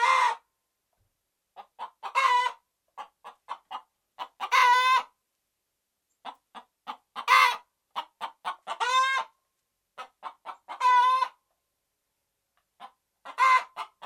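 Red junglefowl cackle with scattered short clucks and several loud, raspy, stretched calls, some quiet pauses between bursts.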